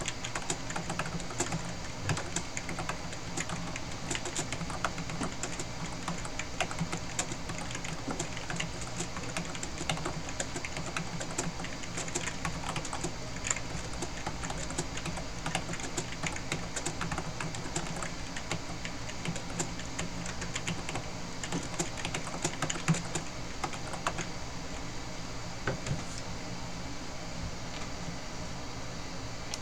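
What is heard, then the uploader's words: Two keyboards being typed on at once, a dense, steady patter of crisp key clicks running the whole time with no real pauses. Occasional louder strikes stand out from the flow, over a low, constant hum underneath. Dual Keyboard Typing Test.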